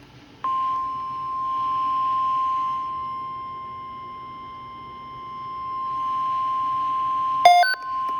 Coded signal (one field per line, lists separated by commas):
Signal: Emergency Alert System (SAME) tones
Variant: 1050 Hz attention tone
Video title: OLD (EAS #-4 - 7) (TRIPLE HEADER) 3 severe thunderstorm warnings and severe thunderstorm watch